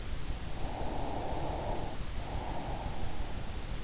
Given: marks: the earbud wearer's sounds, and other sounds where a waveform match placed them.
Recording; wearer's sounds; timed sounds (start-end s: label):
sounds in sleep by an in-ear microphone; breath
0.30-3.62 s: breath